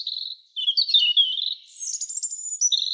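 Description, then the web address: European robin song: thin high whistled phrases, a steady note then wavering warbles and a very high trilling passage, clean background. "birds Erithacus-rubecula"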